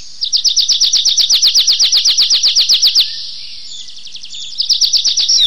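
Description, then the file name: Tree pipit song: a long, rhythmic trill of high chirps lasting three seconds, a brief pause, then a second fast trill begins. "lesnoj konek anthus trivialis"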